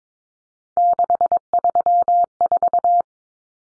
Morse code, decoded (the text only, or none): 634